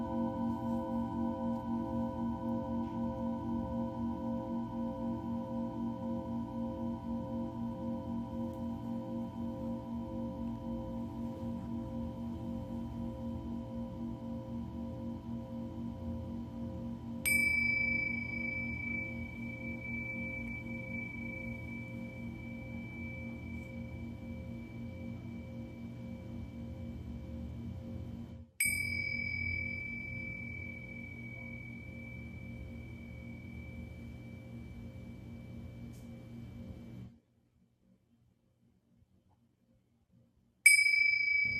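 A singing bowl drones with a steady low hum, struck brightly around 17, 28 and 41 seconds, falling silent briefly near the end.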